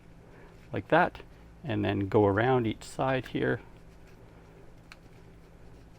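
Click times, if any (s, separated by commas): 4.9 s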